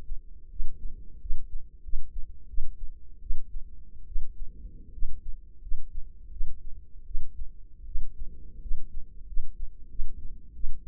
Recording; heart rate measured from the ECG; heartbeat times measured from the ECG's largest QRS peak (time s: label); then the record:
heart sounds by microphone in the left ear; 84 bpm
0.50 s: heartbeat
1.20 s: heartbeat
1.82 s: heartbeat
2.48 s: heartbeat
3.21 s: heartbeat
4.06 s: heartbeat
4.92 s: heartbeat
5.61 s: heartbeat
6.30 s: heartbeat
7.05 s: heartbeat
7.85 s: heartbeat
8.60 s: heartbeat
9.26 s: heartbeat
9.89 s: heartbeat
10.54 s: heartbeat
From the record:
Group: healthy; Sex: female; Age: 22 years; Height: 157 cm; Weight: 47.6 kg